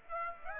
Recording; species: mosquito wingbeat signal from an infrared sensor; Aedes aegypti